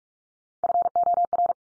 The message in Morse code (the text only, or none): FOR